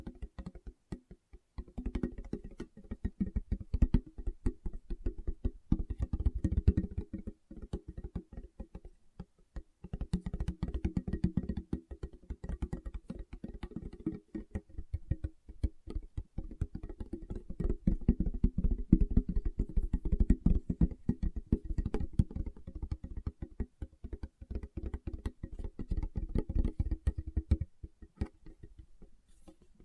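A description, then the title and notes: Fingertips tap rapidly and continuously, a dense patter of soft, muffled knocks with a dull, low body and a little crisp click on top. The pace stays busy throughout, with brief lulls around ten seconds and again near the end. ASMR Tapping with Fingertips (No Talking).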